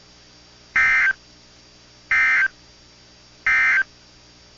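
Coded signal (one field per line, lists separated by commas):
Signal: Emergency Alert System (SAME) tones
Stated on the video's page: Severe thunderstorm and tornado alerts from weather radio stations KIH42, KIH35, KEC56 and KHB32.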